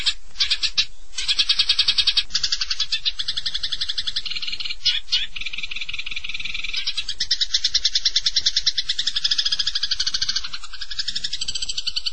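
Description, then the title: Long-tailed shrike song: a continuous run of harsh, rapid buzzy trills that change pitch from phrase to phrase, with brief gaps between them. "Kicau Burung Pentet"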